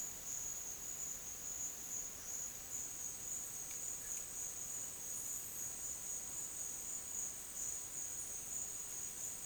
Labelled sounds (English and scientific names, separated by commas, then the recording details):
none
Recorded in dense forest near Puerto Asís, Putumayo, Colombia, on 24 June 2025 at 09:30
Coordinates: 0.484, -76.325
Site H65